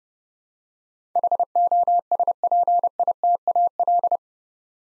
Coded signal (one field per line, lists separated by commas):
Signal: Morse code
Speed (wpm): 29 wpm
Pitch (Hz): 700 Hz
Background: none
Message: HOSPITAL